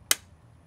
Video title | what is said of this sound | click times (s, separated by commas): Ta Vivo 45 LS® / Vivo 45® en vidéo (version sous-titrée) | Placez délicatement le réservoir dans son emplacement jusqu'à entendre le clac. | 0.1 s